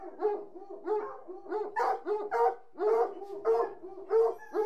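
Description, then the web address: Hunting hounds whining and yelping in quick bursts, with several dogs overlapping in a steady chorus. A pack of about sixty hunting hounds whining. "BBC Sound Effects Library. Hunting Hounds"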